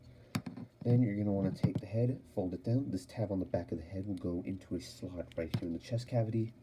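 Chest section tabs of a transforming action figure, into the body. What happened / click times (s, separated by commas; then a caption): The plastic tab clicked into place / 0.4 s. The folded plastic chest section of a Transformers Studio Series 114 Deluxe Class Megatron (Transformers One) action figure is clipped in, and its tabs are pressed into place on the body. A single sharp click at 0.4 s marks the chest section seating, followed by someone talking.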